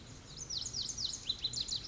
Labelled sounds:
Lazuli Bunting (Passerina amoena)
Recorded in Sonoma County, California

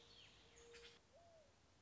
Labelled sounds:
Mourning Dove (Zenaida macroura)
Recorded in Sonoma County, California

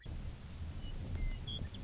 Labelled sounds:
Western Meadowlark (Sturnella neglecta)
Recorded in Sonoma County, California

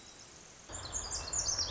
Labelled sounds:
Pacific Wren (Troglodytes pacificus)
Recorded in Sonoma County, California

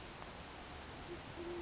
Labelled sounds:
Band-tailed Pigeon (Patagioenas fasciata)
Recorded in Sonoma County, California

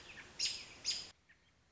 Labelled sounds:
American Robin (Turdus migratorius)
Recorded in Sonoma County, California

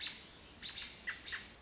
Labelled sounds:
American Robin (Turdus migratorius)
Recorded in Sonoma County, California

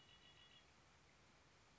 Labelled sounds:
Red-winged Blackbird (Agelaius phoeniceus)
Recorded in Sonoma County, California

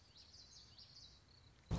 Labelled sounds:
Common Yellowthroat (Geothlypis trichas)
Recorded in Sonoma County, California

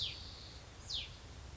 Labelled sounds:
Hutton's Vireo (Vireo huttoni)
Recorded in Sonoma County, California

